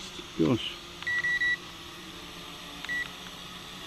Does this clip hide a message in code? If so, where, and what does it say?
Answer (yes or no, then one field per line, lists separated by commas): no